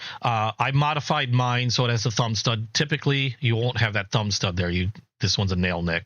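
Someone talks while handling a Buck 110 lockback folding knife, modified with a thumb stud, though this one opens by a nail nick so the blade locks open against its back-spring lock. Only speech is heard, and nothing has seated or clicked yet; the blade has not locked open.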